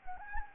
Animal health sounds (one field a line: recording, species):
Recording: mosquito wingbeat signal from an infrared sensor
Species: Anopheles gambiae